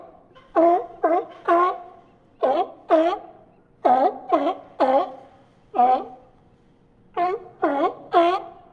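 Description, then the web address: Sea lions give gruff honking barks, mostly in runs of two or three, with short pauses between runs. A group of sea lions barking. "fvtt-sonniss-gdc-audio sea-lion-bark-group"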